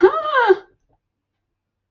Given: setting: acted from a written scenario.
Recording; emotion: vocal sound without words; distress